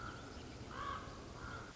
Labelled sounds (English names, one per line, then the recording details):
Common Raven
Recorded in Sonoma County, California